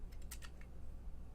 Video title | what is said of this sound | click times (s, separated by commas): Ultra Hardware 07050 Square Spring Bolt | you can push it forward and then at a certain point it will lock into place | 0.3 s